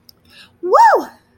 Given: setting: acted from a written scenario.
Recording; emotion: vocal sound without words; triumph